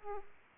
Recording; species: mosquito wingbeat signal from an infrared sensor; Aedes aegypti